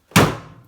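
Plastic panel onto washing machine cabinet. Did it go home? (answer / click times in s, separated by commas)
yes / 0.2 s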